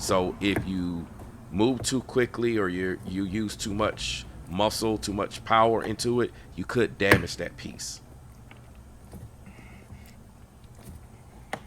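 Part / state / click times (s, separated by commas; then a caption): plastic grommet retainer in vehicle body panel / released / 11.5 s. Someone talks about carefully working the plastic retainer that holds a rubber wire grommet in the body panel of a Mustang Mach E, warning that too much force could damage it. After the talk fades to quiet handling, a faint tick comes at 8.5 s, then the retainer clicks loose with a sharp snap at 11.5 s, releasing that side.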